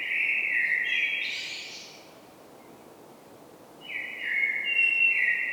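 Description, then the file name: Common blackbird giving a fluty whistled phrase with a rushing high twitter, a pause, then another low mellow phrase, over faint steady background noise. "Turdus merula"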